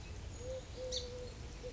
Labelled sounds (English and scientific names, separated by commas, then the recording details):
Eurasian Collared Dove (Streptopelia decaocto)
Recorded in Sonoma County, California